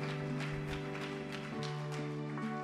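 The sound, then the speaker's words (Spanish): A church audience applauds the Lord with steady, dense clapping over sustained keyboard or organ chords that hold and shift pitch. No voices come through, and the mix stays loud throughout. “Denle un aplauso al Señor y dele gloria, porque Cristo vive y reina para siempre.”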